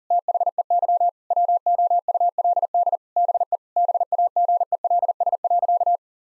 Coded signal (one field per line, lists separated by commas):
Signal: Morse code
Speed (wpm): 40 wpm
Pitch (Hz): 700 Hz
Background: none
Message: THEY WOULD BE BAGELS.